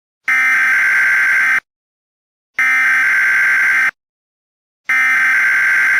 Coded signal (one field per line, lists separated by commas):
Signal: Emergency Alert System (SAME) tones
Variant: header bursts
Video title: Eas Scenario (Alternatives)￼￼